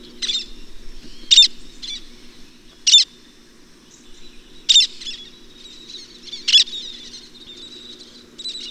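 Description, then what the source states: Least tern giving scratchy, grinding high calls, sharp notes spaced a second or two apart, with a faint low hum throughout. Puerto Rico; grinding 'zwreep' call given when disturbed at nesting colonies.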